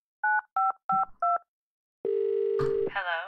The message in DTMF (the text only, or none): 9552